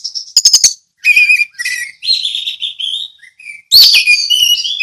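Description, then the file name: Orange-headed thrush song: a few sharp clicks, then drawn-out, slurred whistled phrases, ending with a loud jumbled warble. Song in the ngeplong style. "anis merah ngeplong"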